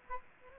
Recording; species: mosquito wingbeat signal from an infrared sensor; Aedes aegypti